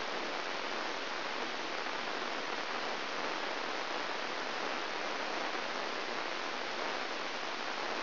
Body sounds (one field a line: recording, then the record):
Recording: brain microelectrode recording played as sound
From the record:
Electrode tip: inside the subthalamic nucleus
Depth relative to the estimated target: 3.5 mm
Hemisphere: right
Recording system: AlphaMap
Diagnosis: Parkinson's disease